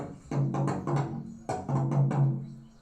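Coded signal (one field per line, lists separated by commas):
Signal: talking drum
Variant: Akan atumpan drums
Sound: two quick phrases of deep pitched drum strokes with slightly varying pitch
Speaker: that one's saying when you kill a thousand yeah a thousand will come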